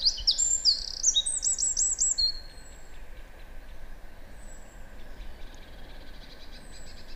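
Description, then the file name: Eurasian wren delivering a short burst of loud, shrill trills and whistled notes over two seconds, then faint high ticking and background hiss. "Troglodytes troglodytes"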